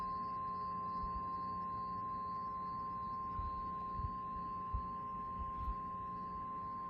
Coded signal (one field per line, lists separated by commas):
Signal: Emergency Alert System (SAME) tones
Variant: 1050 Hz attention tone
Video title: EAS Alerts #203-208: Apr 27, 2024 - Oklahoma Severe Weather Event